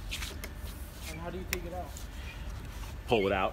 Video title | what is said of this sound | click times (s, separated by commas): IMPERIAL MASSAGE CHAIR | so if you kind of line it up towards that direction stick it in there and just spin it a little bit you'll feel it click into position there | 0.4 s